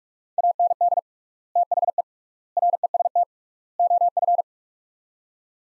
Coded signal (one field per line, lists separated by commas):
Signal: Morse code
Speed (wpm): 46 wpm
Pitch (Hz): 700 Hz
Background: none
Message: AND THE REST OF